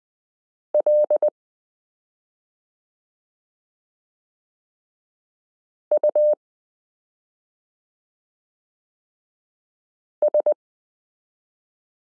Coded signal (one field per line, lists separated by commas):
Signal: Morse code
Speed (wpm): 20 wpm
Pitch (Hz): 600 Hz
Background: none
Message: LUS